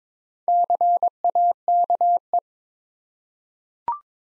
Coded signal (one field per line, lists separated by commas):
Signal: Morse code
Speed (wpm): 22 wpm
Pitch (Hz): 700 Hz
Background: none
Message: CAKE